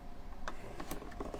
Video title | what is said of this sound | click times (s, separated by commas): Unleashing Aeroguitar's Potential | Pressing the button, we hear it lock. | 0.5 s